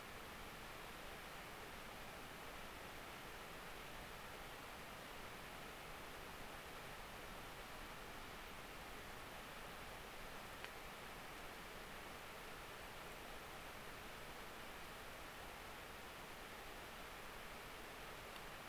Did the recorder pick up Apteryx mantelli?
no